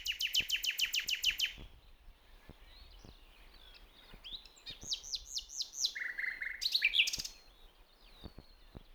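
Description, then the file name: Common nightingale song: a fast burst of sharp repeated notes, a pause, then a series of slurred whistles and a loud harsh flourish, with quiet gaps between phrases. "Luscinia megarhynchos"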